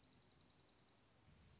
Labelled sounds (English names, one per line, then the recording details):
Dark-eyed Junco
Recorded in Sonoma County, California